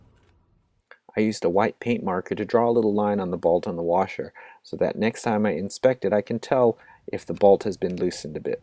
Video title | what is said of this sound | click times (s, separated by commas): Bike Maintenance #2 Drive Sprocket change on VTR250 | your torque wrench to 51 Newton meters stand on your rear brake and tighten the bolt until you hear that clicking sound | 0.8 s, 0.9 s